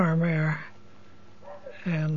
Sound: dog barks in background

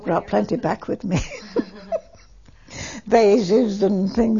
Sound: she laughs

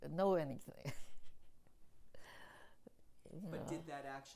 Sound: chuckles

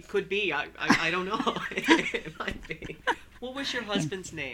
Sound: they laugh

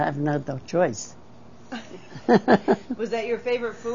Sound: they laugh

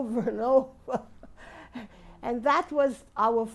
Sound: she laughs

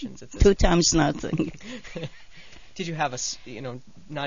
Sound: she laughs

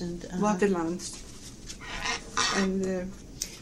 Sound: scraping noise

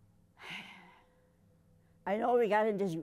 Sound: she sighs

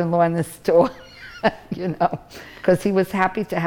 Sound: laughs

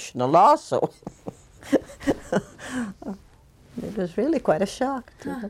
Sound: she laughs

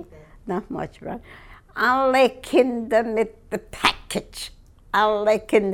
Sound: none

